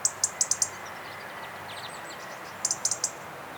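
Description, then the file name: European robin calling in rapid runs of crisp clicking ticks, one run at the start and another near the end, separated by faint thin high notes. "Erithacus rubecula"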